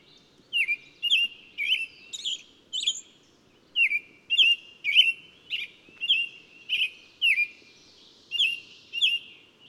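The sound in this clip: Bird song of steady, evenly spaced high chirps, many with a downward slur, repeated nearly twice per second with a couple of short pauses.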